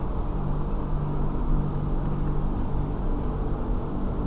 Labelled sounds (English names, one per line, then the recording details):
Tree Pipit
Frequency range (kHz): Tree Pipit 5.0-6.4 kHz
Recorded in France